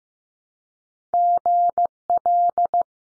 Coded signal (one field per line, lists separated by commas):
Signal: Morse code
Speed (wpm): 15 wpm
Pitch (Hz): 700 Hz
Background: none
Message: GL